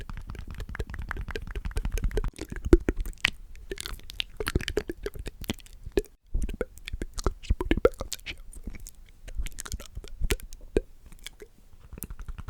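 Indistinct whispering breaks up into a dense run of soft mouth clicks, wet smacks and crackly taps that come in quick irregular bursts. A brief lull falls near six seconds before the clicking resumes, over a faint low rumble.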